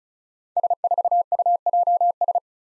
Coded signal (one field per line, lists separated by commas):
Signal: Morse code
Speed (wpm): 36 wpm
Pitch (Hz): 700 Hz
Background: none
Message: S4UJS